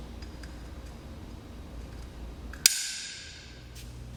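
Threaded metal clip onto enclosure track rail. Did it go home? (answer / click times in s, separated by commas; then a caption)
yes / 2.7 s. A threaded metal clip is pushed onto the flat side of an enclosure track rail over a pre-drilled hole. Over a quiet background with faint ticks near 0.2 s, 0.4 s and 2.5 s, a sharp loud metallic snap lands at 2.7 s, followed by a bright ringing tail that fades by about 3.5 s. The clip snaps into place and is seated on the rail.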